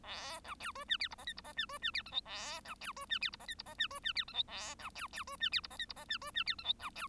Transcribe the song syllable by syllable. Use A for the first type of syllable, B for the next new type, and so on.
A B C D E F G H I G H E D E F J K A B C D E F G H I G H E D E F J K A B C C D E F G H I G H E D E F J K B C